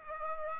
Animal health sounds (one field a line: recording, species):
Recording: mosquito wingbeat signal from an infrared sensor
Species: Aedes aegypti